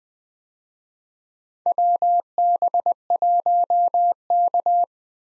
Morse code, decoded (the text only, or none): WB1K